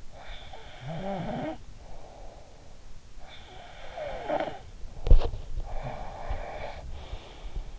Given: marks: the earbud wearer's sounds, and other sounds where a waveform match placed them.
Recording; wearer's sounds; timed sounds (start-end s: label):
sounds in sleep by an in-ear microphone; snoring breath, body movement, breath
0.28-2.78 s: snoring breath
3.43-4.93 s: snoring breath
4.76-6.74 s: body movement
5.68-7.79 s: breath